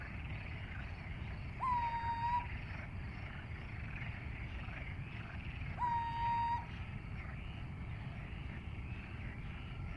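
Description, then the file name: Little owl calls: two drawn-out, clear hooting notes about four seconds apart, steady in pitch after a brief rise, over constant background noise. "chouette cheveche"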